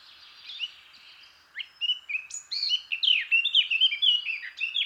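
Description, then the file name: Eurasian blackcap song: faint scratchy notes, then a quick, varied warble of clear whistled phrases that rises in energy and runs on for about three seconds. "Sylvia atricapilla"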